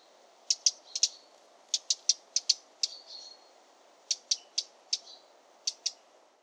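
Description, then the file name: Eurasian wren giving short, sharp ticking contact calls, often in quick pairs or triplets, scattered throughout with brief pauses, over a steady background hiss. Contact calls (Stimmfühlung). "Zaunkönig Stimmfühlung"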